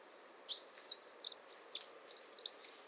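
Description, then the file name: Eurasian wren song, a short rush of thin, high, quickly repeated notes and little trills, starting after a half-second pause. "Troglodytes troglodytes"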